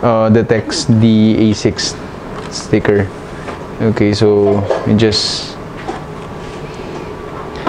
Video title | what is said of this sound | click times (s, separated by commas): Xprinter XP-490B Direct Thermal Printer Unboxing Set Up Tutorial | when you close the printer there must be a click sound then the printer can | 7.7 s